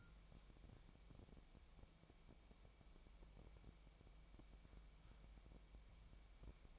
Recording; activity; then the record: daily activity, microphone in the room; wipe stove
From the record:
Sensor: 1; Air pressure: 1001.6 hPa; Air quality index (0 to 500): 219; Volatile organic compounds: 28 ppm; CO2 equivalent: 2916 ppm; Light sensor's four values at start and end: 8/29/10/11 and 8/29/10/11